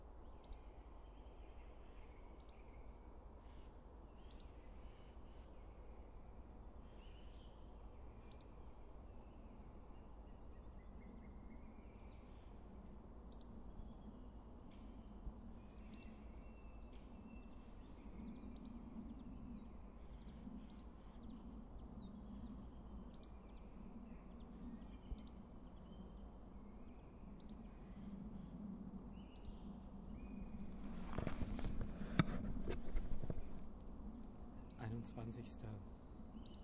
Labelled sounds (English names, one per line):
Great Tit song